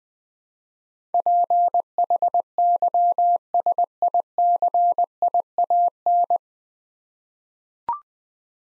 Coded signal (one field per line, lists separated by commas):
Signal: Morse code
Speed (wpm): 20 wpm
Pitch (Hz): 700 Hz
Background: none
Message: PHYSICIAN